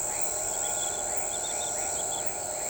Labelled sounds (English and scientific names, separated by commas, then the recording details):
none
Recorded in shrubland near Pivijay, Magdalena, Colombia, on 15 April 2023 at 02:30
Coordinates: 10.453, -74.365
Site P5-G022